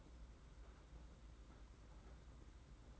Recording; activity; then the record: daily activity, microphone in the room; open fridge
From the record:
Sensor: 3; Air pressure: 991.9 hPa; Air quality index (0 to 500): 216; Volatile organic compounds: 1000 ppm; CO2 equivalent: 7381 ppm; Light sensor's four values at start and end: 34/99/40/34 and 34/99/40/34